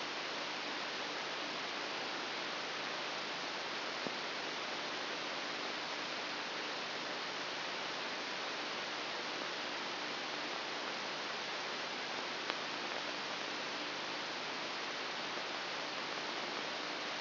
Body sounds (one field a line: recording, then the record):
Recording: brain microelectrode recording played as sound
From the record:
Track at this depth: inside the subthalamic nucleus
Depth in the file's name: 0.409 mm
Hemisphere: right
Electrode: 3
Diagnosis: Parkinson's disease